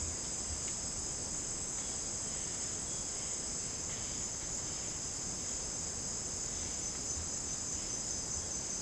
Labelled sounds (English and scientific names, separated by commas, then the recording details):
none
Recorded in dense forest near Puerto Asís, Putumayo, Colombia, on 24 June 2025 at 16:00
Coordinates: 0.499, -76.324
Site G100